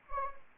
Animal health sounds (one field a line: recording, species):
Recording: mosquito wingbeat signal from an infrared sensor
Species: Anopheles arabiensis